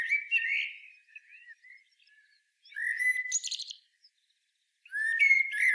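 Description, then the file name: Common blackbird singing three fluty, warbling phrases with thin, scratchy high notes, separated by short quiet gaps. "Turdus merula"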